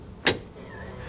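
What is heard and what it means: A torque wrench is used to tighten a new 35 mm axle (spindle) nut on a fresh wheel bearing in a front wheel hub to 250 ft-lbs. A single sharp click is heard at 0.3 s as the wrench reaches its setting, followed by quiet background hum.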